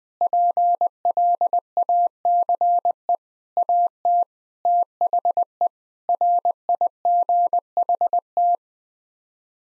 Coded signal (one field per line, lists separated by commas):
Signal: Morse code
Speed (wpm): 20 wpm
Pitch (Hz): 700 Hz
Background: none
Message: PLACE AT THE RIGHT